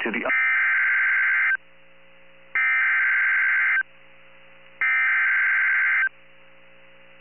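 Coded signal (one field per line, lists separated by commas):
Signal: Emergency Alert System (SAME) tones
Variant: header bursts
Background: speech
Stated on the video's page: Severe Thunderstorm Warning received via SDR from NOAA Weather Radio transmitter WXJ41 on 162.475 MHz, 13.6 miles from the transmitter.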